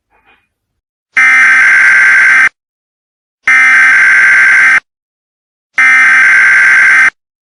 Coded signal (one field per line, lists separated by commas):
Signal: Emergency Alert System (SAME) tones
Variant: header bursts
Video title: Channel 24: EAS